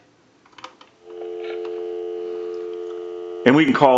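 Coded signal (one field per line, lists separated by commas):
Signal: telephone call progress tone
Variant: North America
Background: speech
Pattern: dial tone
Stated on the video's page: Heard on an Automatic Electric three-slot payphone during initial checkout and repair for conversion.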